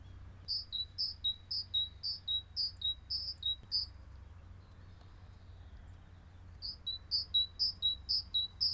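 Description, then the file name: Great tit repeating a sharp high-low two-note phrase several times, pausing, then resuming the same rapid pattern. "acclivity greattit"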